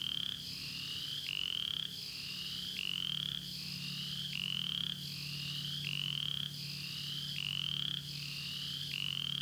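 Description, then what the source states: Upland chorus frog giving a steady series of quick, rising, rasping trills, with a low constant hum beneath. In Florida found only along the Apalachicola River, exclusively in bottomland habitats; call resembles the southern chorus frog's but is much more rapid.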